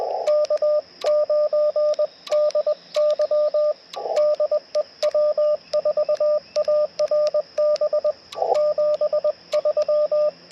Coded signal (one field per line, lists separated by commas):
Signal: Morse code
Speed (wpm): 20 wpm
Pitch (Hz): 600 Hz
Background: radio noise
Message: K9DY DE W4ARB 73